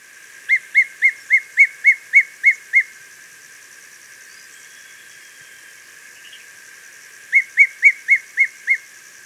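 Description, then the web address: Smoky bush-tyrant calls: a quick burst of nine clear, evenly spaced chips, silence for several seconds, then another similar burst of about six notes. Ecuador. "Birds of Ecuador 3. Smoky Bush-Tyrant"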